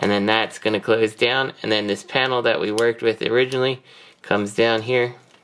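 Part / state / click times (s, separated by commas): plastic leg panel on a transforming robot toy's leg / not seated / none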